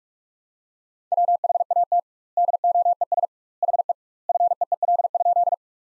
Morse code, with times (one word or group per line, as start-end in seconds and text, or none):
1.1-2.0 WHAT
2.4-3.3 DOES
3.6-3.9 HE
4.3-5.5 FEEL?